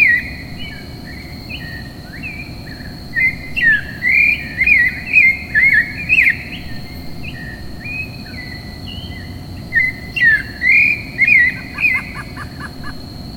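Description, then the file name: Clay-colored thrush song: a run of rich, slurred whistled phrases, each about half a second, delivered in quick succession in two bursts, with a steady high tone behind. "clay-colored robin bird song"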